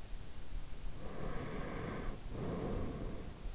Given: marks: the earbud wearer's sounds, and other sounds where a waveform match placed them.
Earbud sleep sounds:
sounds in sleep by an in-ear microphone; breath
0.98-3.50 s: breath

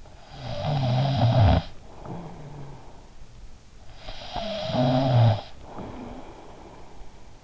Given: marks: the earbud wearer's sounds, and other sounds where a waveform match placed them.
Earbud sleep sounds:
sounds in sleep by an in-ear microphone; snoring breath
0.00-3.14 s: snoring breath
3.85-7.05 s: snoring breath

